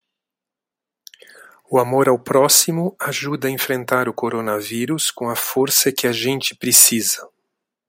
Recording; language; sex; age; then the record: spoken sentence; Brazilian Portuguese; male; 50 to 59 years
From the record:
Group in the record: control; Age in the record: 58 years